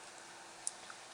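A ribbon cable connector is pressed onto an iPhone logic board over a steady background hiss. It clicks into place with a sharp, bright snap at 0.7 seconds, followed by a fainter tick at 0.9 seconds, and the connector is seated.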